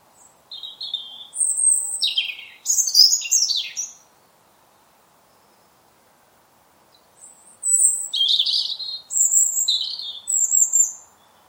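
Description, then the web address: European robin song: two bursts of high, thin, varied warbling phrases with sliding whistles and trills, separated by a pause. "Deverinetal 2025 File origin Bird Only Er Ru"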